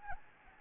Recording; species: mosquito wingbeat signal from an infrared sensor; Anopheles gambiae